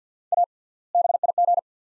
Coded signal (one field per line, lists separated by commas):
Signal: Morse code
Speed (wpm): 50 wpm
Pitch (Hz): 700 Hz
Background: none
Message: A BIG